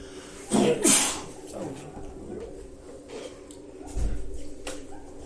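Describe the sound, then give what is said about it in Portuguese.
A single loud, explosive sneeze bursts out near the start, a quick two-part blast, followed by softer scattered noises and a low thump later on. “Saúde.”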